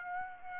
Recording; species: mosquito wingbeat signal from an infrared sensor; Aedes aegypti